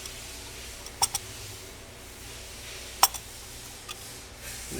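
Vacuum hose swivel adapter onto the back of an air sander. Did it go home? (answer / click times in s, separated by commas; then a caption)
yes / 3.0 s. A swivel vacuum hose adapter is pushed onto the back of a 3" x 7" air sander and turned left to right, with small clicks around 1.0 and 1.2 seconds. It snaps on with the loudest, sharp click at 3.0 seconds, followed by a fainter tick near 3.9 seconds. The adapter is seated.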